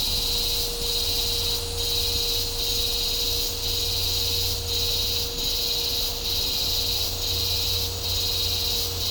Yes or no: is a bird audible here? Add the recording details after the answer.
no. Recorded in dense forest near Puerto Asís, Putumayo, Colombia, on 22 December 2024 at 09:00. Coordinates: 0.503, -76.323. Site G043